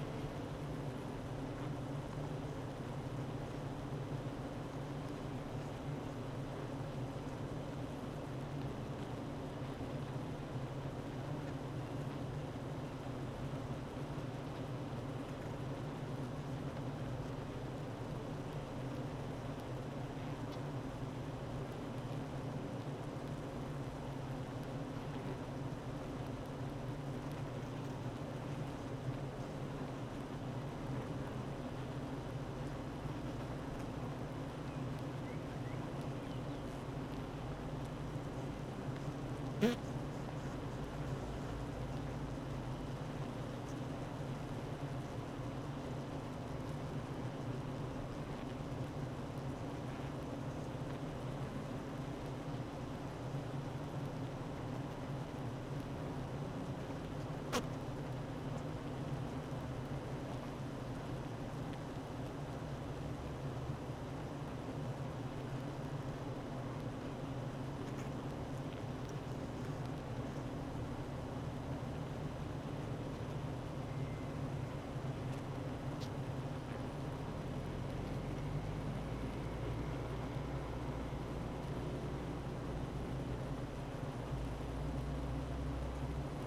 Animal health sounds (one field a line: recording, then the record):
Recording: honeybee colony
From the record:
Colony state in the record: active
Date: 12 June 2018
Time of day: 9:08